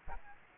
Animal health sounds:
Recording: mosquito wingbeat signal from an infrared sensor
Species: Aedes aegypti

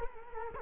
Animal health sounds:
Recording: mosquito wingbeat signal from an infrared sensor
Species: Culex quinquefasciatus

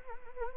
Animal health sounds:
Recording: mosquito wingbeat signal from an infrared sensor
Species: Anopheles arabiensis

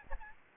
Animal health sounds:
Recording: mosquito wingbeat signal from an infrared sensor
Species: Aedes albopictus

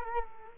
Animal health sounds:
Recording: mosquito wingbeat signal from an infrared sensor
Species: Culex quinquefasciatus

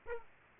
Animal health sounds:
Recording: mosquito wingbeat signal from an infrared sensor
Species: Aedes aegypti

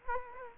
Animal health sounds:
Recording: mosquito wingbeat signal from an infrared sensor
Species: Culex quinquefasciatus

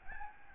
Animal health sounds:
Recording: mosquito wingbeat signal from an infrared sensor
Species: Aedes albopictus

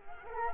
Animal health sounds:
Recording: mosquito wingbeat signal from an infrared sensor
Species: Culex quinquefasciatus

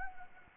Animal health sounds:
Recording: mosquito wingbeat signal from an infrared sensor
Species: Anopheles gambiae

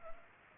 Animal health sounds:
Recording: mosquito wingbeat signal from an infrared sensor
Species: Culex pipiens

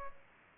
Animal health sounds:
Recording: mosquito wingbeat signal from an infrared sensor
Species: Culex pipiens

